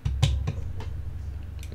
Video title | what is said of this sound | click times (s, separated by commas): Lian Li Strimer Wireless | okay this is click in | 0.2 s